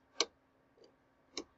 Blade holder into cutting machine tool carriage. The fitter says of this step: not all the way in push it all the way down and it's going to do not one click put two clicks so